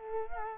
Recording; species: mosquito wingbeat signal from an infrared sensor; Culex quinquefasciatus